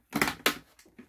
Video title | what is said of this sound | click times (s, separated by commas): [TUTO] COMMENT INSTALLER MON PINLOCK EN MOINS DE 30 SECONDES 🧐 | vois moi ça se clipse up | 0.5 s